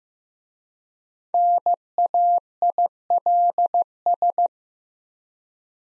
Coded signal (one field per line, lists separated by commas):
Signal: Morse code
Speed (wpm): 15 wpm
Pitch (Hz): 700 Hz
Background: none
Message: NAILS